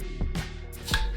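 A wiring connector in the engine bay of an F10 535i with an N55 is pushed back into its plastic mounting bracket. Over background music with a regular beat, a soft thump is heard, then a sharp, short snap at 0.9 s as the connector seats in the bracket. Someone talks.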